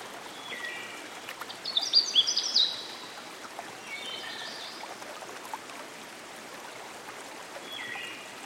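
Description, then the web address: Canada warbler singing one short, rapid tumble of sharp, varied notes early on, set against constant flowing-water noise and a few faint high whistled notes. Recorded by a stream. "Dan Gibson Songbirds By The Stream. Canada Warbler"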